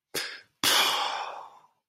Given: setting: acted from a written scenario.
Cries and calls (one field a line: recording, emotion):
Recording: vocal sound without words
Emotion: shame